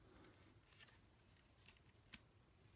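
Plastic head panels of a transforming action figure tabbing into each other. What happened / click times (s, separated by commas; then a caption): Plastic panels snapped together / 1.7 s, 2.1 s. Two plastic dinosaur-head panels of a Transformers Studio Series 86-07 Leader Class Dinobot Slug action figure are lined up and pressed together while converting it into dinosaur mode. Over a quiet background of faint handling, a small tap sounds at 1.7 s and a short, sharp click at 2.1 s as the panels tab together and seat.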